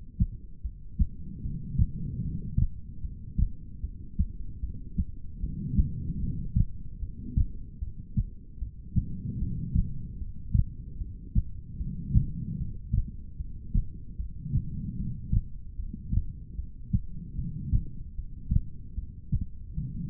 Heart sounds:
heart sounds by stethoscope; 75 bpm
0.62 s: heartbeat
1.42 s: heartbeat
2.21 s: heartbeat
3.01 s: heartbeat
3.81 s: heartbeat
4.60 s: heartbeat
5.40 s: heartbeat
6.20 s: heartbeat
6.99 s: heartbeat
7.79 s: heartbeat
8.59 s: heartbeat
9.39 s: heartbeat
10.18 s: heartbeat
10.98 s: heartbeat
11.77 s: heartbeat
12.57 s: heartbeat
13.37 s: heartbeat
14.17 s: heartbeat
14.96 s: heartbeat
15.76 s: heartbeat
16.56 s: heartbeat
17.35 s: heartbeat
18.15 s: heartbeat
18.95 s: heartbeat
19.74 s: heartbeat
From the record:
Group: heart failure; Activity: rest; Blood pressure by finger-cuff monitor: 102/76 mmHg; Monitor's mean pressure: 86 mmHg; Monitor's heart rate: 75 bpm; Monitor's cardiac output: 4.5 L/min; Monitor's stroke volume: 60 mL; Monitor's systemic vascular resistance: 1440 dyn s/cm5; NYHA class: 2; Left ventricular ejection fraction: 58%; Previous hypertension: present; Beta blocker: bisoprolol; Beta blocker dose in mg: 5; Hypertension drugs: ramipril, spironolactone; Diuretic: furosemide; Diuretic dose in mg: 160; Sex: female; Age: 55 years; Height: 155 cm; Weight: 67 kg

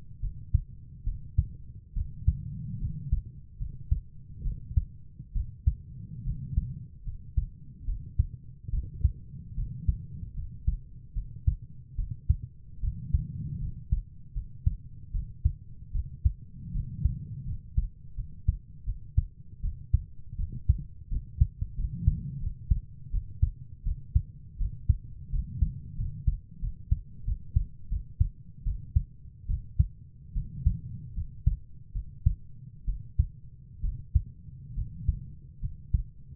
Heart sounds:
heart sounds by stethoscope; 76 bpm
0.21 s: heartbeat
1.05 s: heartbeat
1.95 s: heartbeat
2.80 s: heartbeat
3.59 s: heartbeat
4.44 s: heartbeat
5.34 s: heartbeat
6.24 s: heartbeat
7.05 s: heartbeat
7.86 s: heartbeat
8.71 s: heartbeat
9.56 s: heartbeat
10.35 s: heartbeat
11.14 s: heartbeat
11.96 s: heartbeat
12.81 s: heartbeat
13.60 s: heartbeat
14.34 s: heartbeat
15.12 s: heartbeat
15.93 s: heartbeat
16.73 s: heartbeat
17.46 s: heartbeat
18.16 s: heartbeat
18.85 s: heartbeat
19.62 s: heartbeat
20.37 s: heartbeat
21.10 s: heartbeat
21.77 s: heartbeat
22.41 s: heartbeat
23.12 s: heartbeat
23.84 s: heartbeat
24.58 s: heartbeat
25.31 s: heartbeat
25.97 s: heartbeat
26.61 s: heartbeat
27.25 s: heartbeat
27.89 s: heartbeat
28.64 s: heartbeat
29.47 s: heartbeat
30.34 s: heartbeat
31.15 s: heartbeat
31.93 s: heartbeat
32.86 s: heartbeat
33.82 s: heartbeat
34.75 s: heartbeat
35.61 s: heartbeat
From the record:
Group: healthy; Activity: rest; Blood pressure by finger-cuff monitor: 113/61 mmHg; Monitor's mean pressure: 76 mmHg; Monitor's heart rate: 75 bpm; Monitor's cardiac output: 6.8 L/min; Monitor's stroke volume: 93 mL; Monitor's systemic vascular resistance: 790 dyn s/cm5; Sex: female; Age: 22 years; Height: 160 cm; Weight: 63 kg

